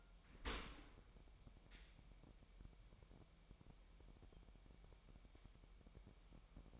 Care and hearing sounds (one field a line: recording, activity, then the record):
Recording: daily activity, microphone in the room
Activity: open dishwasher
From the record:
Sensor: 1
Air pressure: 998.4 hPa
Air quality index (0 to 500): 136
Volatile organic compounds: 4 ppm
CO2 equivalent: 1636 ppm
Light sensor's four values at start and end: 17/58/23/24 and 17/58/23/24